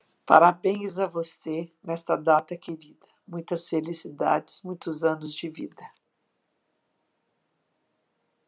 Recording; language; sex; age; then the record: short text; Brazilian Portuguese; female; 60 to 69 years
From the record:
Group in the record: control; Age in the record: 60 years